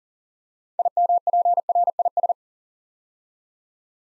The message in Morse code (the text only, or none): IMPRIS